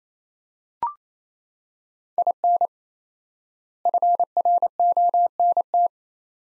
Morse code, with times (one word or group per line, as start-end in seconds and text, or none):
2.2-2.7 IN
3.9-5.9 FRONT